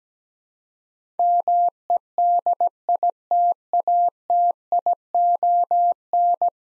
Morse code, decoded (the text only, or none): MEDITATION